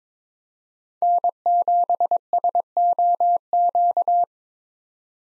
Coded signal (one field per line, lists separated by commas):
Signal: Morse code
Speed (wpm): 22 wpm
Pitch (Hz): 700 Hz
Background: none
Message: N7SOQ